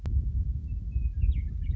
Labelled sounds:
Western Meadowlark
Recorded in Sonoma County, California

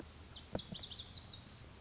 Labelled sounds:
Lazuli Bunting
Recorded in Sonoma County, California

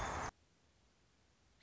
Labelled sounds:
American Robin
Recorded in Sonoma County, California

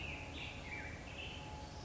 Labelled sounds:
Black-headed Grosbeak
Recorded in Sonoma County, California

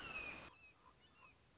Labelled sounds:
Red-shouldered Hawk
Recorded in Sonoma County, California

